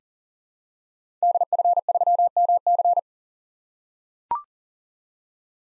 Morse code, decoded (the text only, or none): DF3MC